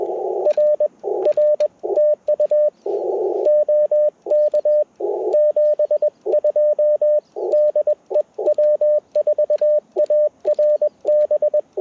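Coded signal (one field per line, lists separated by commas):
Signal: Morse code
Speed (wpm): 22 wpm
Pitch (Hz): 590 Hz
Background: radio noise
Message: RR TU OK 72 DE W4ARB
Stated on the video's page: Parks on the Air CW activation lasting 70 minutes on an Icom IC-705 with a PackTenna Random wire antenna.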